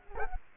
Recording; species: mosquito wingbeat signal from an infrared sensor; Culex quinquefasciatus